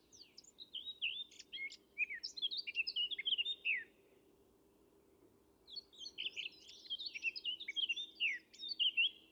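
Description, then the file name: Eurasian blackcap song in two hurried warbling phrases of mixed chirps and clear whistles, separated by a quiet gap of roughly one and a half seconds, over a soft low hum. "Sylvia atricapilla"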